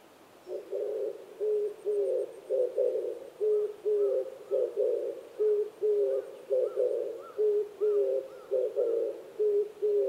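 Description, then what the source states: Oriental turtle dove song: a continuous run of low, grating coos in a regular rhythm, with thin whistles from other birds in the background. Recorded 26 April 2010 at 05:29.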